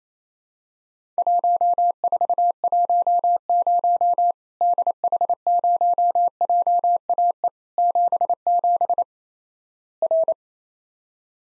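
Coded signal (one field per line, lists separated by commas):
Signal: Morse code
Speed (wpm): 28 wpm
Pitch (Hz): 700 Hz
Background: none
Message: 1410 DH0JAE 77 R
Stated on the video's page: Practice Morse at 28 wpm simulating Worked All Europe DX Contest QTC exchanges, with random misses and repeat requests.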